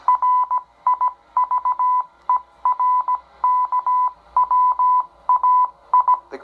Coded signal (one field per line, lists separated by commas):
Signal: Morse code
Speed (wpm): 17 wpm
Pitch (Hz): 1000 Hz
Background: none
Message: RIVER KWAI